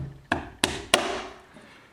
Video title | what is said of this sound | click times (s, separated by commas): How to Install Flat Trim on Vinyl Replacement Windows Part 4 of 4 | And it snaps in very solidly. | 0.3 s, 0.6 s, 0.9 s